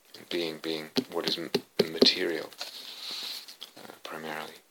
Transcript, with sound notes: 'Being' being what is [knocks on table] material, primarily.